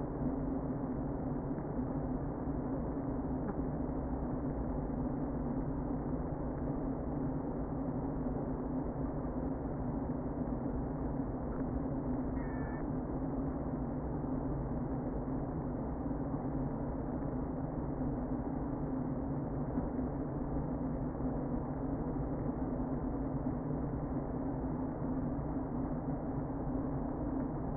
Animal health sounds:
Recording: honeybee colony, microphone inside the hive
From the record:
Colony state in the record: queen present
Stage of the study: before two queens were removed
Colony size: about 60,000 bees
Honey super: yes

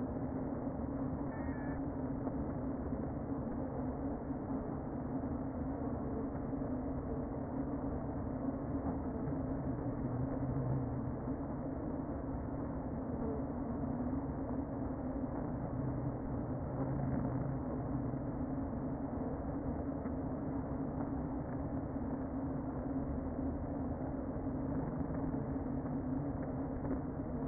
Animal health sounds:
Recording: honeybee colony, microphone inside the hive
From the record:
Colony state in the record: queen present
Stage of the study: before two queens were removed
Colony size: about 60,000 bees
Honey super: yes

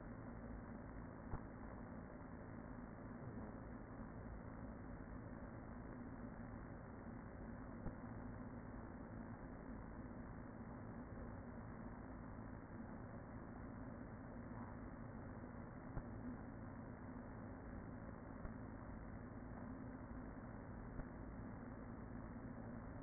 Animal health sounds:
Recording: honeybee colony, microphone inside the hive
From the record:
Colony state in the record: queen present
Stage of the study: after two queens were removed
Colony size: about 40,000 bees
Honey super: no

